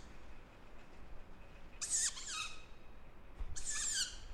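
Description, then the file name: Tawny owl producing two rasping, breathy hisses nearly two seconds apart, broad and noisy in tone, against a quiet, steady background. "waldkauz"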